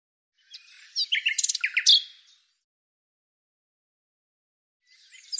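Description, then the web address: Bird song: a quick burst of varied high chirps and rattling trills for about two seconds, then silence, with a brief twittering phrase returning at the end. "Deverinetal 2025"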